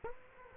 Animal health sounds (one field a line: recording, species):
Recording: mosquito wingbeat signal from an infrared sensor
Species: Culex quinquefasciatus